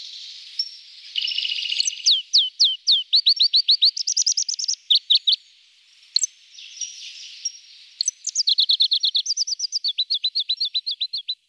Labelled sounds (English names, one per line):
Pallas's Leaf Warbler song